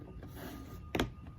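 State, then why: Seated. A framing piece of what looks like a plastic snap-together building kit is pushed over into the groove of its foundation. After a low, steady background hum, a sharp double click sounds at 0.9 and 1.0 seconds as the frame piece snaps into place and seats.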